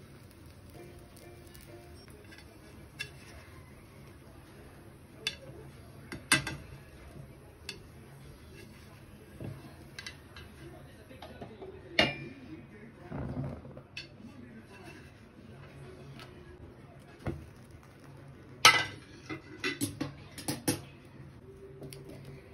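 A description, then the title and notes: Butter naan is being made in a kitchen, with sharp clinks and clatters of utensils and pans scattered throughout, clustering near six seconds and again around nineteen to twenty-one seconds. A low steady hum runs underneath, and soft voices are faintly present. Enjoy the sounds of making butter naan, from my kitchen.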